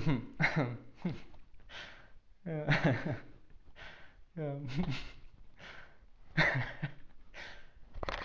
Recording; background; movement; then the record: laughter; quiet; sitting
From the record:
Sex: male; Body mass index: 20.5 kg/m2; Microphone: on the chest, facing outward